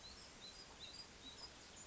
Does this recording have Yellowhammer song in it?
no